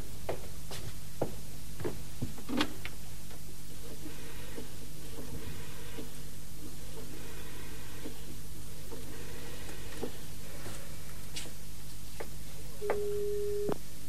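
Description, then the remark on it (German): A telephone being dialed with a series of sharp clicks, then a long quiet stretch with low hum, ending in a steady mid-pitched telephone ringing tone. No one speaks. “Wo ist das Telefon? Da drüben.”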